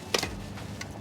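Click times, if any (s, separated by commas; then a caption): none. A removable battery pack is handled at the battery slot of a NIU BQi-C3 Pro electric bike while being slid back in. Brief sharp handling knocks sound at about 0.2 s and 0.8 s over a low steady background. The pack has not seated or clicked into place yet.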